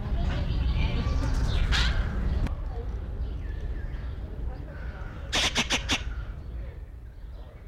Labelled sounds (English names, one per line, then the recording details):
San Blas Jay call
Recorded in captivity
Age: adult
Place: Zoo Berlin, Berlin, DE
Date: 1994-06-11 11:31
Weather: heiter, 12-17°C
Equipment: Marantz CP 430, Sennheiser ME 80, Kopie Uher Variocord 263
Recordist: Tembrock, Günter
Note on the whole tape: Kurzlaute und Lautfolgen